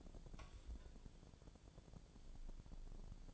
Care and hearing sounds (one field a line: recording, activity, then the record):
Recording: daily activity, microphone in the room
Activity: take from stove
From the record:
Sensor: 5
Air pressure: 1000.0 hPa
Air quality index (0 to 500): 92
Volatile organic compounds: 1 ppm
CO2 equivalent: 750 ppm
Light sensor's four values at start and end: 370/874/380/427 and 367/870/376/423